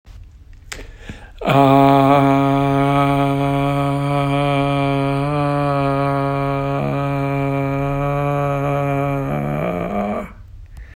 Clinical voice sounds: sustained vowel /a/; male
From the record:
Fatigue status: no fatigue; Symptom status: symptomatic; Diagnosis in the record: COVID-19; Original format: m4a

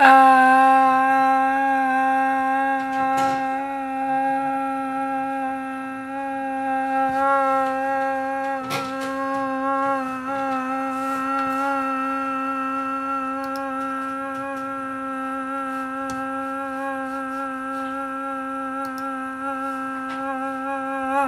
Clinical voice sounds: sustained vowel /a/; female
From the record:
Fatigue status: fatigue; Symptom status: symptomatic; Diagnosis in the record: COVID-19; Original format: m4a

